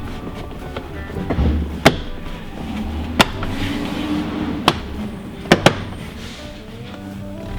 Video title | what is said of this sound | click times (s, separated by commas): MOPAR Aux Switches for the Jeep Wrangler JL | start to snap into place and a couple locations and | 1.9 s, 3.2 s, 4.7 s, 5.5 s